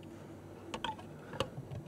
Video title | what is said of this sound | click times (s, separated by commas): BEST FIRST BRONCO MODS (easy + cheap) | and left side pops right in good | 0.8 s, 1.4 s